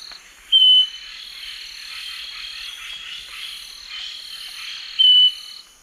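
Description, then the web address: Scaly-breasted Wren song: two brief, pure whistled notes about four and a half seconds apart, over a steady high insect drone. Song; eastern lowlands of South America. "Natures Songs S America Eastern Lowlands Microcerculus marginatus, song"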